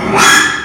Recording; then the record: squeal of a Yucatan mini pig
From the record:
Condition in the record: after surgery on the right vocal fold (resection and tissue-engineered implant); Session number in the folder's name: 3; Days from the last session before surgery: 33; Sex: male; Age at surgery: 12 weeks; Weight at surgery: 13 kg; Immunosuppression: cyclosporine, prednisolone